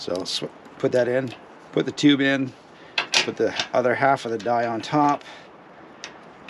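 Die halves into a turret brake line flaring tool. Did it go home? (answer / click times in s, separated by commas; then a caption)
yes / 6.0 s, 6.5 s. Someone talks while loading a 3/16 inch brake tube and two metal die halves, set up for a 45 degree flare, into a turret brake line flaring tool for a 1950 Ford F1. After the speech ends, two short ticks are heard at 6.0 s and 6.5 s as the die locks into place, seated.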